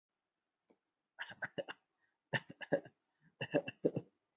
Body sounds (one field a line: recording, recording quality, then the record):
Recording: shallow voluntary cough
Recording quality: excellent, no background noise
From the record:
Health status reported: healthy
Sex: male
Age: 26 years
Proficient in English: yes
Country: India